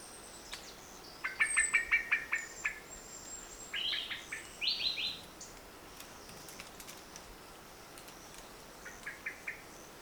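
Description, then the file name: Common blackbird producing a fast volley of sharp tchink notes and later a short, fainter run; other birds add high buzzy phrases and a thin whistle. "Turdus merula"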